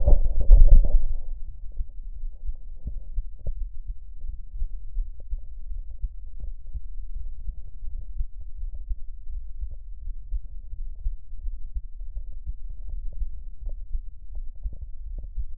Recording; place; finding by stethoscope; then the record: heart sounds by stethoscope; pulmonary valve (PV); normal heart sounds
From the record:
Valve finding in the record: normal valve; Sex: male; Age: 53 years